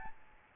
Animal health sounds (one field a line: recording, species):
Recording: mosquito wingbeat signal from an infrared sensor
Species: Aedes albopictus